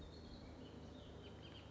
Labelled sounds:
Bullock's Oriole (Icterus bullockii)
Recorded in Sonoma County, California

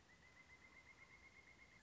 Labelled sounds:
Pileated Woodpecker (Dryocopus pileatus)
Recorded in Sonoma County, California

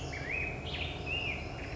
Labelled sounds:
Black-headed Grosbeak (Pheucticus melanocephalus)
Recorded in Sonoma County, California

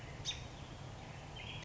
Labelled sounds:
American Robin (Turdus migratorius)
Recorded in Sonoma County, California

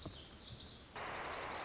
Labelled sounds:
Lazuli Bunting (Passerina amoena)
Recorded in Sonoma County, California

